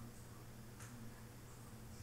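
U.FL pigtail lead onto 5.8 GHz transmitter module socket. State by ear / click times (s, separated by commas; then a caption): not seated / none. A 5.8 GHz U.FL antenna pigtail is being lined up by hand with the transmitter module socket during a Yuneec ST10+ long-range antenna mod. Only a low, steady hum and a brief faint hiss near 0.8 s are heard. The connector has not snapped or seated yet.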